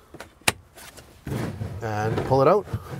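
A rear cargo management shelf, a plastic panel, is locked into its side lock in the cargo area of a 2021 Ford Bronco Sport Badlands SUV, with a single sharp, loud hit at 0.5 s as it seats in its extended position. Someone talks afterward.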